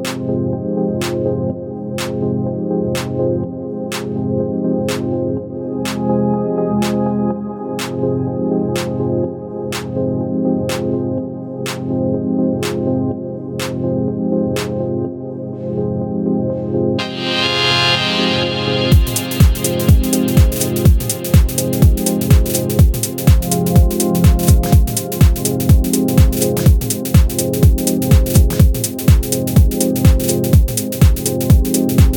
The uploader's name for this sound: Sunrise in Village